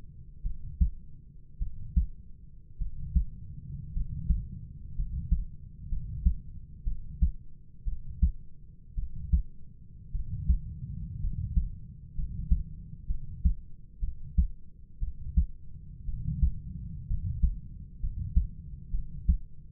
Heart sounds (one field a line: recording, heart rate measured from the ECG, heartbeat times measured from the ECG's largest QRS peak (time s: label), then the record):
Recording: heart sounds by stethoscope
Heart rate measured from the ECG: 58 bpm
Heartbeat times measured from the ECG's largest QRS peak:
0.43 s: heartbeat
1.59 s: heartbeat
2.78 s: heartbeat
3.93 s: heartbeat
4.95 s: heartbeat
5.89 s: heartbeat
6.84 s: heartbeat
7.85 s: heartbeat
8.95 s: heartbeat
10.12 s: heartbeat
11.20 s: heartbeat
12.15 s: heartbeat
13.07 s: heartbeat
14.00 s: heartbeat
15.00 s: heartbeat
16.05 s: heartbeat
17.07 s: heartbeat
18.00 s: heartbeat
18.91 s: heartbeat
From the record:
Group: healthy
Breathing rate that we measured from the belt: 10 breaths a minute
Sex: male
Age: 25 years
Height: 170 cm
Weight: 70.4 kg